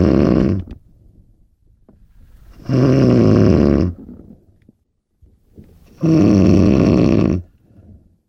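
Three loud, coarse, low-pitched snores, each lasting over a second, come at about 18 a minute, with quiet breathing sounds between them. This is heavy rattling snoring from an adult sleeper.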